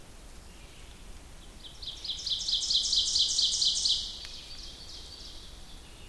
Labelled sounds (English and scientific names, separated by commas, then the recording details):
Ovenbird (Seiurus aurocapilla) song
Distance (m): 20 m
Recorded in boreal forest in Alberta, Canada, on 2 June 2016 at 07:13
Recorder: SongMeter 3, array SBT-3-7
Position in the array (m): 44 m, 158 m
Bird 4